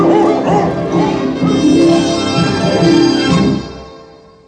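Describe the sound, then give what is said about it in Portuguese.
Several dogs bark, snarl and yelp in a frantic scuffle as they are set on a wolf, in a loud, dense burst lasting over three seconds before abruptly dying away. “Pega, boca negra! Agarra o lobo, o trovão!”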